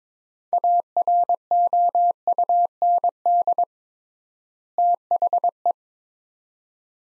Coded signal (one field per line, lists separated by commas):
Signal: Morse code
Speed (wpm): 22 wpm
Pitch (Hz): 700 Hz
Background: none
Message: AROUND THE